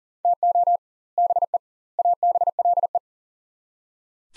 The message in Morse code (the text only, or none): TO BE ABLE